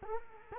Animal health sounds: mosquito wingbeat signal from an infrared sensor; Culex quinquefasciatus

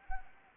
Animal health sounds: mosquito wingbeat signal from an infrared sensor; Anopheles arabiensis

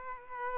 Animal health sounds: mosquito wingbeat signal from an infrared sensor; Aedes aegypti

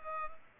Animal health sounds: mosquito wingbeat signal from an infrared sensor; Culex pipiens

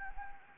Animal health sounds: mosquito wingbeat signal from an infrared sensor; Anopheles gambiae

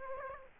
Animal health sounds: mosquito wingbeat signal from an infrared sensor; Aedes aegypti

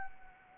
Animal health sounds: mosquito wingbeat signal from an infrared sensor; Anopheles arabiensis

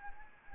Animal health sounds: mosquito wingbeat signal from an infrared sensor; Anopheles arabiensis

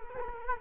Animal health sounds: mosquito wingbeat signal from an infrared sensor; Culex quinquefasciatus

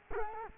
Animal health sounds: mosquito wingbeat signal from an infrared sensor; Culex quinquefasciatus

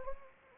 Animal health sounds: mosquito wingbeat signal from an infrared sensor; Anopheles arabiensis

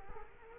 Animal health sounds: mosquito wingbeat signal from an infrared sensor; Culex quinquefasciatus

